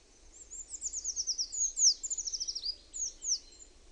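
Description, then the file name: Eurasian treecreeper song, high and thin, with a long run of rapid notes sliding down in pitch, broken by sharp downslurred notes, then a few more at the end. "PUUKIIPIJA"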